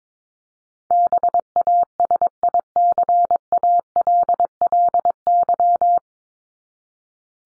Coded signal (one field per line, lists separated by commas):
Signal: Morse code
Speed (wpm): 22 wpm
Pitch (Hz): 700 Hz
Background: none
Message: BASICALLY